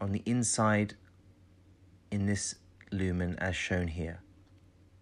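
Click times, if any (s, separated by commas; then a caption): none. A light carrier is handled along its port inside the lumen of a rigid adult bronchoscope, a metal instrument, while someone talks in bursts over a low background hum. Nothing has seated or clicked yet; the clip ends before the light carrier clicks into place.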